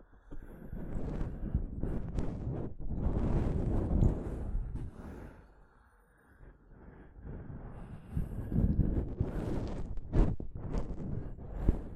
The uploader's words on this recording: ASMR Mic Tapping and Scratching (No Talking).